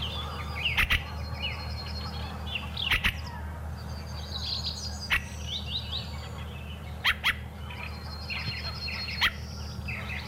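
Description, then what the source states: Fieldfare calling with rough, rattling chack notes, often doubled, recurring every two seconds or so among scattered high twittering notes. Wild fieldfare calling at length beside the microphone on spring night flood fields at Hyvelänjärvi, Lohja, 2 May 2021; normally gives alarm calls, mobbing crows crossing the field.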